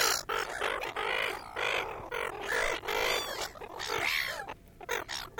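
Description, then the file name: Gulls in a noisy flock uttering harsh, scratchy squawks and one clear arching mew, calls jostling together in quick bursts. Large group of gulls feeding at Williamstown. "BIRD SEAGULLS WILLIAMSTOWN LARGE GROUP FEEDING"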